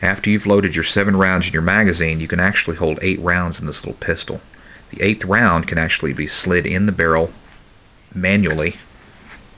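A Beretta 21A Bobcat .22LR pocket pistol is handled with its tip-up steel barrel open, an eighth round about to be slid by hand into the chamber before the barrel is pressed back down onto the frame latch. Someone talks throughout, with short pauses and no distinct mechanical sounds. Nothing has seated or clicked yet: the barrel has not closed or locked by the end of the clip.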